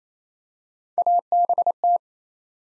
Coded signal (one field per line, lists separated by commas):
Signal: Morse code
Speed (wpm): 28 wpm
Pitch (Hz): 700 Hz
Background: none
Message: ABT